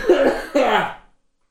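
Two quick, harsh, voiced coughs about half a second apart from an adult man in a small room, heard off-mic after he turned his microphone off. The coughing comes from having just eaten popcorn.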